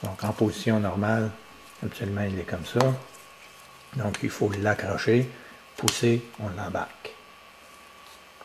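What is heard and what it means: Someone talks while a Cutler Hammer magnetic contactor is hooked onto a DIN mounting rail at the top and pushed down. A short hit is heard at 7.1 s as its spring latch locks, and the contactor is seated on the rail.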